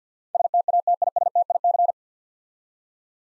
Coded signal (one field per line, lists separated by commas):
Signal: Morse code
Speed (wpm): 46 wpm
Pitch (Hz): 700 Hz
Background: none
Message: STATISTIC